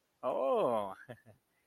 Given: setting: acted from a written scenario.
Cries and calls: vocal sound without words; interest

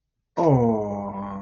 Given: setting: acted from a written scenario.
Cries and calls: vocal sound without words; adoration

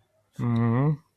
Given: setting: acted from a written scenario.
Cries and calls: vocal sound without words; neutral

